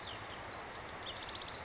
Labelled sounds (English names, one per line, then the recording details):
House Wren
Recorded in Sonoma County, California